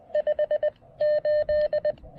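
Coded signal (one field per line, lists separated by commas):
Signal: Morse code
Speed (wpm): 20 wpm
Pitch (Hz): 590 Hz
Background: none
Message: 5 8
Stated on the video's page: QRP Parks on the Air activation working DX with a Chelegance MC-750 and Xiegu G106, including 17 meters.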